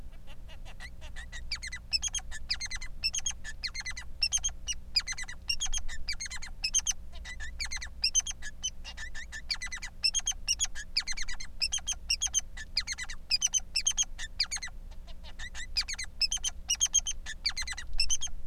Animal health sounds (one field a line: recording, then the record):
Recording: song of a male Bengalese finch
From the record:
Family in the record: son of father 3